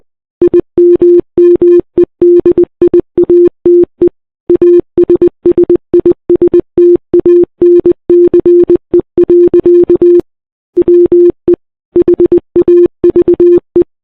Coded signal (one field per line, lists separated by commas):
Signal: Morse code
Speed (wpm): 19 wpm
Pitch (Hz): 350 Hz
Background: none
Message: IMMEDIATE ASSISTANCE. WE HAVE